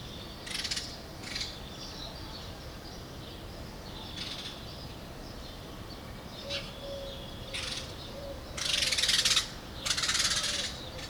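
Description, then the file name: House sparrow chirps, short harsh notes given in scattered bursts, a few longer scratchy runs near the end, over steady low background hiss. "Passer domesticus"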